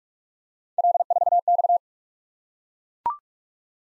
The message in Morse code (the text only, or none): L4X